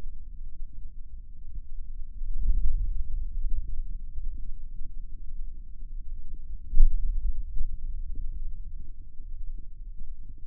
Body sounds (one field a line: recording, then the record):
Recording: forearm muscle sounds (acoustic myography)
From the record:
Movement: hand opening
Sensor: system 2, bracelet of six BSWA MPA416 microphones around the upper forearm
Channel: 4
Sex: male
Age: 22 years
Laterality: right